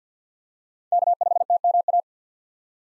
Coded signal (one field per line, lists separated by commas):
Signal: Morse code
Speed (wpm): 50 wpm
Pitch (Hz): 700 Hz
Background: none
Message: K5TMA